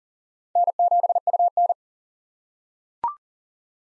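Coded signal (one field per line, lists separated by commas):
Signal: Morse code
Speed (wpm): 40 wpm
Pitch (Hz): 700 Hz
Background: none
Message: N7UN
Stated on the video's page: Morse head-copy drill at 40 wpm of common SOTA chaser call signs, each sent, spoken, then sent again.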